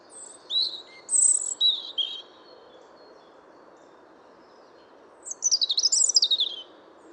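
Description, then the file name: European robin song: high thin whistles and short trills, a quiet gap of about three seconds, then a fast, wavering, sparkling trilled phrase. "Erithacus rubecula"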